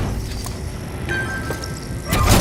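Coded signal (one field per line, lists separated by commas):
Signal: none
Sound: a game's chime beeps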